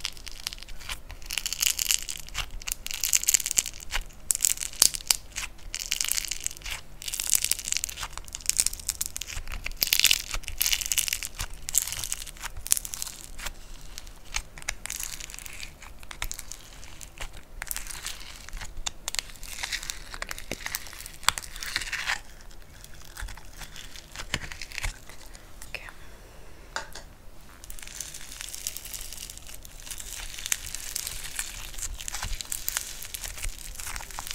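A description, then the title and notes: Crunchy slime being poked, pressed and stretched, giving a dense run of crackling, crinkly snaps that go on without a break for the whole stretch. The bursts are bright and busy, thickest in the first twenty seconds, then thinning briefly before picking up again near the end. Slime Sounds Crunchy, Poking, Stretching, Pressing.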